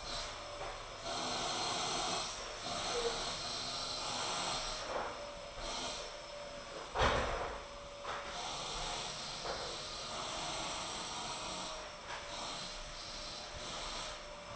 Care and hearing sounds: daily activity, microphone in the room; vacuum cleaning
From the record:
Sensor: 5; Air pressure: 995.4 hPa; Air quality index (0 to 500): 81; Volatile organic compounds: 3 ppm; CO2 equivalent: 1495 ppm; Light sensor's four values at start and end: 35/86/34/36 and 35/86/35/36

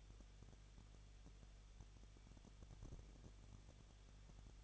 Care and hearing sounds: daily activity, microphone in the room; no activity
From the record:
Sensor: 4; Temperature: 23.0 degrees Celsius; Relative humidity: 33.9%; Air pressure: 1007.2 hPa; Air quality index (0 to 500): 216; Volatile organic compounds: 15 ppm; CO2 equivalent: 2493 ppm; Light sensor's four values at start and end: 2/3/1/1 and 2/3/1/1

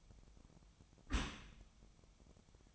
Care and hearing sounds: daily activity, microphone in the room; close dishwasher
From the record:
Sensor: 1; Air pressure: 1004.7 hPa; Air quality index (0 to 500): 119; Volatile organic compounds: 4 ppm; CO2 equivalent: 1645 ppm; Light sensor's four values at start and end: 9/21/8/9 and 9/21/8/9

